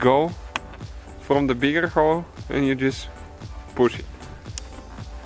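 A plastic retaining clip that was not all the way in on a Ford Fiesta door trim panel is slid in from the bigger hole of its keyhole slot and pushed home. Someone talks over faint background music. A short sharp snap at 4.6 s marks the clip seating.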